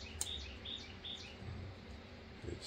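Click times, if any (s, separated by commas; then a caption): 0.2 s. A new o-ring is worked onto the oil filter housing cap of a Mercedes-Benz S550 (W222). One sharp click at 0.2 s marks it seating in position, with bird chirps and low background noise continuing around it.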